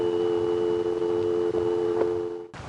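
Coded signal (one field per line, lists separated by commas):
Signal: telephone call progress tone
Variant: North America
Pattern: dial tone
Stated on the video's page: Telephone call progress tones recorded on a 1976 phone trip through the local exchange in Harrisonburg, Virginia, including local carrier sounds.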